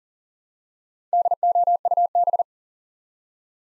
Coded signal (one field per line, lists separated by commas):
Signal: Morse code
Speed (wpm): 42 wpm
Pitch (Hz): 700 Hz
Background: none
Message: DOUB